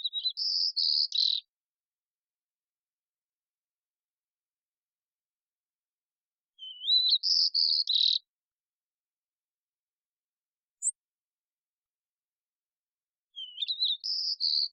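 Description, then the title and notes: White-crowned sparrow singing three brief phrases of whistled and buzzy notes, spaced several seconds apart, with one short high chip between them. Probably an immature bird learning the song or experimenting with variation; recorded in the Pacific Northwest, Washington, United States, with a parabolic microphone; cleaned, natural pace and rhythm kept. "White-crowned Sparrow, Zonotrichia leucophrys, Songs and Calls, probably an immature bird learning the song or experimenting with variation"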